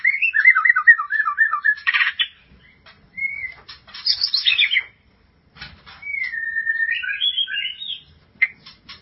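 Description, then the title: White-rumped shama: a buzzy, stuttering trill, then a short whistle, a burst of high notes, and a long clear whistle ending in a warble. "Kicau Murai Batu"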